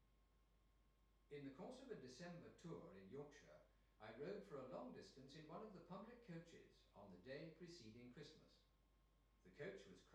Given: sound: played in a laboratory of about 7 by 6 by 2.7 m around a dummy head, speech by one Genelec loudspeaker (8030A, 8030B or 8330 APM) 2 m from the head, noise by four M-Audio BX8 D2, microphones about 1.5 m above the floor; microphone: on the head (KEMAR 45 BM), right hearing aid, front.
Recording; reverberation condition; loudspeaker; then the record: male speech in English; medium; 150 degrees to the left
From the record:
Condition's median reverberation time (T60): about 510 ms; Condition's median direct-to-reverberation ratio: about -0.5 dB